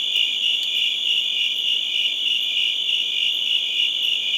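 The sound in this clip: Crickets chirping in a dense, steady chorus, a high pulsing trill that never pauses, with a few faint clicks above it.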